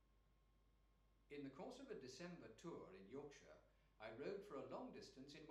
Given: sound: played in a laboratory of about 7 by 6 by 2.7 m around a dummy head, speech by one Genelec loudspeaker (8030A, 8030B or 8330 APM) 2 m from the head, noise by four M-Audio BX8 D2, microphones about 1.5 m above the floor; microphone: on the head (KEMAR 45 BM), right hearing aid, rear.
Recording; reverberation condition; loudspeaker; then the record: male speech in English; medium; 60 degrees to the right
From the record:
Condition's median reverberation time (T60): about 510 ms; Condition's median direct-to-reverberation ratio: about -0.5 dB